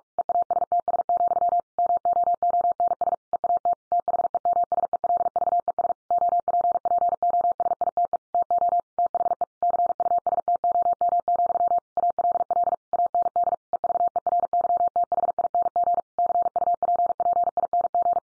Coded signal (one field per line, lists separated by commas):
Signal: Morse code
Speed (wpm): 46 wpm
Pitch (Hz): 700 Hz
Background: none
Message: EASTS, MOONS EAT THEMSELVES OPPOSITE TO THE CUSTOM, ALL AND EVERYTHING CUPPING